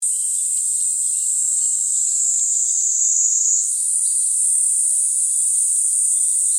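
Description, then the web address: Kaempfer cicada giving an unbroken shrill, sizzling drone that dips slightly, then steps up in pitch partway through and carries on evenly. Recorded 28 June 2015. "birdenaga niiniizemi"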